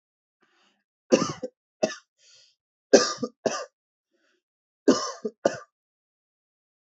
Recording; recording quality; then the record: heavy voluntary cough; excellent, no background noise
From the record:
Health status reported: healthy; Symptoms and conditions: none ticked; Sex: male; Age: 24 years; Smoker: not ticked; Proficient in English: yes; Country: India